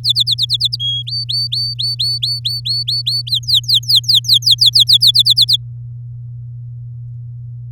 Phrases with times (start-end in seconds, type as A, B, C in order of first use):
0.03-0.76 A, 0.80-1.02 B, 1.07-3.22 C, 3.27-5.11 D, 5.14-5.57 A